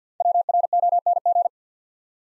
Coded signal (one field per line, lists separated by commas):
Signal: Morse code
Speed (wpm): 51 wpm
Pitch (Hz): 700 Hz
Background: none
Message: WRONG